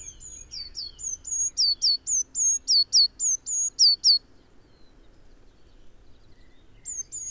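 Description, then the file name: Eurasian blue tit giving a rapid run of high, thin hooked notes for about four seconds, then silence before a brief restart near the end. "Cyanistes caeruleus"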